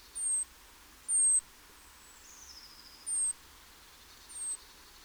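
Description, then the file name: Great tit calls: four thin, very high, short falling notes at uneven spacing, with a brief lower slurred note between them. "Parus major"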